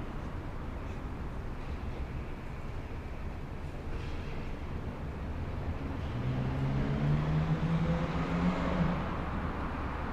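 A Dutch city square hums with steady low traffic rumble, a vehicle passing more loudly from about six to nine seconds.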